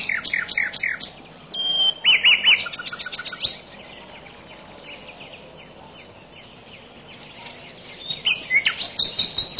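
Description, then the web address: Bird chirps in quick bursts of bright notes at the start and again near the end, with a quieter stretch between. "animali uccelli uccelli birds"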